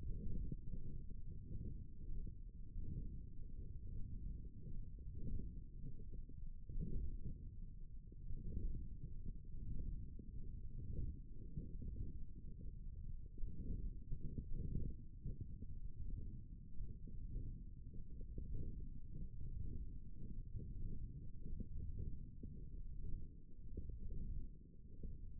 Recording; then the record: forearm muscle sounds (acoustic myography)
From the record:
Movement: ulnar deviation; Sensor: system 1, eight BSWA MPA416 microphones around the upper forearm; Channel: 1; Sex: male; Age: 18 years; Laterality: right